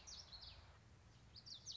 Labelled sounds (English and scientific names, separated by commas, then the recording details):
Common Yellowthroat (Geothlypis trichas)
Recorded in Sonoma County, California